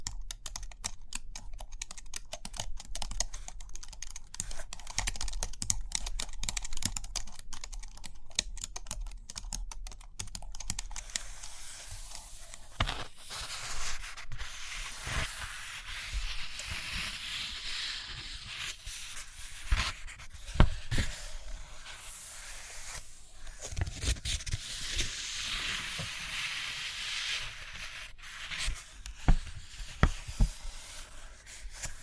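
Paper sounds with dense scratching and rubbing, like pencil writing and drawing, run throughout. The first ten seconds bring quick, crackly strokes. After that the sound turns into a steadier, brighter scrape, broken by sharp taps and thumps near 13, 20, 24 and 30 seconds.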